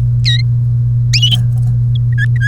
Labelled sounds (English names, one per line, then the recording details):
Domestic Canary song
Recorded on 30 April 2018 at 16:21
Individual llb3